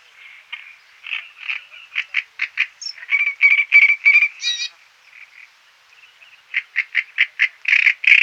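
Great reed warbler song: harsh, croaking chattering phrases of grating repeated notes, some runs quick and rhythmic, broken by brief pauses, with a few higher squeaky notes mixed in.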